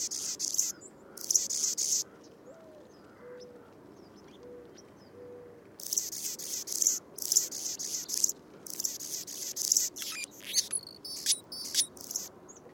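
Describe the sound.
Anna's hummingbird song in rasping high bursts with clicks, pausing midway while a few soft low whistles are heard, then resuming with repeated buzzy phrases.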